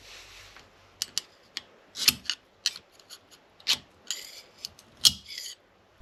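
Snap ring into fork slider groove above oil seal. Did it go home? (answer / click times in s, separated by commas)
yes / 5.1 s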